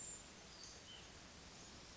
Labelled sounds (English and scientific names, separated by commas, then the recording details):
White-breasted Nuthatch (Sitta carolinensis)
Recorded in Sonoma County, California